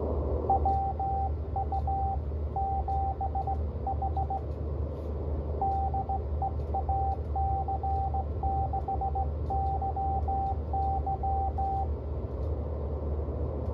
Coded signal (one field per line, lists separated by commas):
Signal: Morse code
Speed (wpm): 17 wpm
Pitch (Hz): 780 Hz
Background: radio noise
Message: WU7H DE AC6YY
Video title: KH1 CW Decode Test